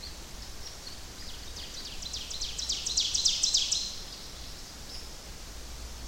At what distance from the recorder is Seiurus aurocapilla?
about 30 m